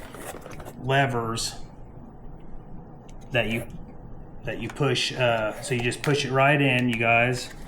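A flight battery is being pushed into the bottom battery bay of an RC helicopter, where two small levers hold it in place. Someone talks throughout, with a few faint handling taps near the start and at about 3.1 seconds. The battery has not seated or clicked into place yet.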